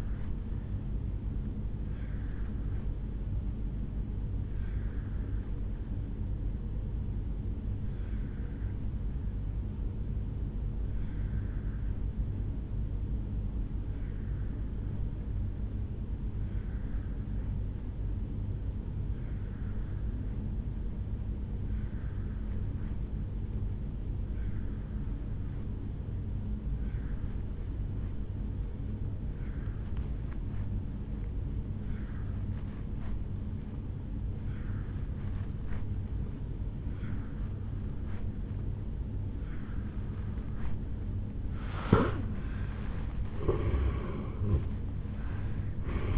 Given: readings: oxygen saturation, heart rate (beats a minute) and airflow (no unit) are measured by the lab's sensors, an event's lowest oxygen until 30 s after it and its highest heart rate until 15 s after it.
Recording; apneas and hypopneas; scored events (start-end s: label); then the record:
breathing in sleep by a smartphone at the bedside; 1
5.00-40.70 s: obstructive apnea (N2, oxygen 96% highest, then 82% lowest, heart rate 56 at the start, 76 highest)
From the record:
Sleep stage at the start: N2 (light sleep); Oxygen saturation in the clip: 82 to 96%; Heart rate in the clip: 54 to 73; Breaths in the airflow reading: 3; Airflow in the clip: -10.0 to 6.5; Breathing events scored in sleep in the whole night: 449 in 7.0 hours asleep